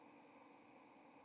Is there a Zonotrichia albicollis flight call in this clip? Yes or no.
yes